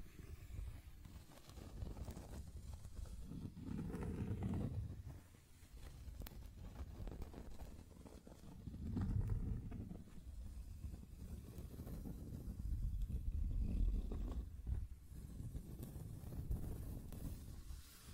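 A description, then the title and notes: Scratching and tracing sounds, a low rough rubbing that swells in slow strokes around 4, 9 and 13–15 seconds and eases between them. The texture is dense, mostly low and muffled, with faint brighter scrapes flickering now and then. ASMR 1 Hour Scratching and Tracing Sounds (No Talking).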